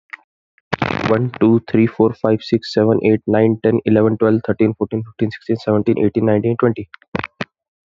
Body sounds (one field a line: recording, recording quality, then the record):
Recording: counting at a fast pace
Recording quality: excellent, no background noise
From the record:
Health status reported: healthy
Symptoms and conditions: hypertension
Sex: male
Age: 27 years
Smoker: not ticked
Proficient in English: yes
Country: India